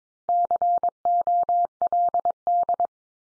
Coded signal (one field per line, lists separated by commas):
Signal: Morse code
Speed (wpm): 22 wpm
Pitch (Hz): 700 Hz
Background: none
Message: COLD